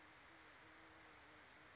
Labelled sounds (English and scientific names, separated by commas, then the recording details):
Band-tailed Pigeon (Patagioenas fasciata)
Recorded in Sonoma County, California